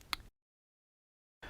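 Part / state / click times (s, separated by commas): scale model car part onto mounting posts / seated / 0.1 s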